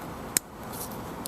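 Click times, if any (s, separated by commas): 0.4 s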